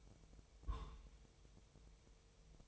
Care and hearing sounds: daily activity, microphone in the room; place on stove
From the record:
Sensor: 1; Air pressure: 999.4 hPa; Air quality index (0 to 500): 199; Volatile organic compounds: 40 ppm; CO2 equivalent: 3155 ppm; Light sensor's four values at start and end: 9/22/8/9 and 9/22/8/9

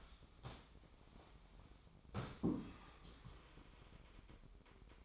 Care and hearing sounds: daily activity, microphone in the room; sit down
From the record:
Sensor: 1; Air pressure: 1005.1 hPa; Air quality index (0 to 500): 123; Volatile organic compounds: 5 ppm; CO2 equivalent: 1716 ppm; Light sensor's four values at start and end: 10/25/10/11 and 11/26/10/11

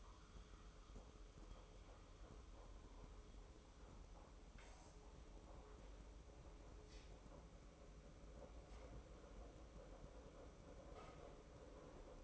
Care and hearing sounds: daily activity, microphone in the room; make coffee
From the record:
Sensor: 1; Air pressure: 995.1 hPa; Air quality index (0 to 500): 34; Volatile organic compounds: 1 ppm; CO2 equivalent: 610 ppm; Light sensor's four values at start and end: 14/50/18/19 and 14/49/18/19

